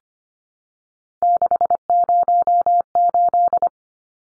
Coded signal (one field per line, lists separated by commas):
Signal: Morse code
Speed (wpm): 25 wpm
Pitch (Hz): 700 Hz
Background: none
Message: 608